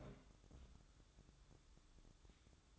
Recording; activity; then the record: daily activity, microphone in the room; place on stove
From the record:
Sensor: 3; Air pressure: 1008.0 hPa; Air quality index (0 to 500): 117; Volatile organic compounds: 1 ppm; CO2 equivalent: 974 ppm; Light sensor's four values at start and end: 8/20/8/8 and 8/20/8/8